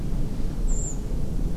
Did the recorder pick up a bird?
yes